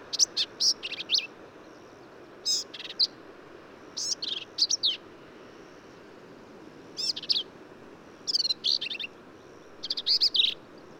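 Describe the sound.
Black-capped vireo giving a series of short, complex, high-pitched phrases of chips and buzzes, separated by pauses of varying length.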